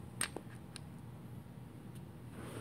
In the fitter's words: it's not fully seated and I can't it's